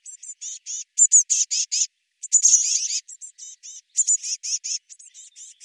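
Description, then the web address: Eurasian blue tit calls: clusters of thin, very high chattering notes in rapid bursts, with brief pauses between groups; no other sounds heard. "cianscape birddata Deverinetal 2025 File cleaned normalized Bird Cy Ca"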